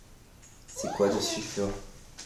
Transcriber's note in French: moans